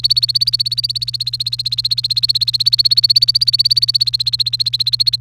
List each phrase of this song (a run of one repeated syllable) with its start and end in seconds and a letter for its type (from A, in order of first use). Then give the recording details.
0.00-5.16 A. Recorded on 28 April 2018 at 11:27. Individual llb3